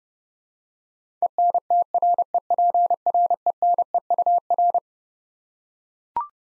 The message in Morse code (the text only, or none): ENTREPRENEUR